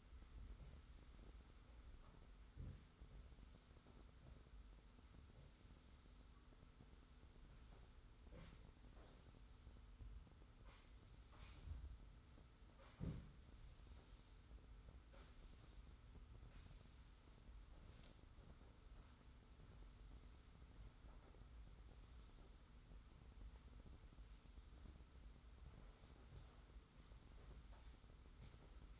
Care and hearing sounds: daily activity, microphone in the room; sweep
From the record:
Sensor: 3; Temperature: 25.5 degrees Celsius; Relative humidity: 40.5%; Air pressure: 991.3 hPa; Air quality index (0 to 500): 141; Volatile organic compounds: 321 ppm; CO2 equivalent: 4526 ppm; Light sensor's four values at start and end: 54/145/59/53 and 54/146/60/53

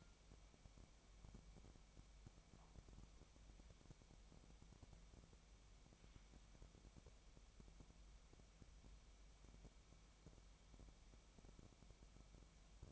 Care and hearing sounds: daily activity, microphone in the room; wipe stove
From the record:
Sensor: 1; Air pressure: 1003.3 hPa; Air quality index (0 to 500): 198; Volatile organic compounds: 6 ppm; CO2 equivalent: 1896 ppm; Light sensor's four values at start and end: 9/21/9/10 and 9/22/9/11

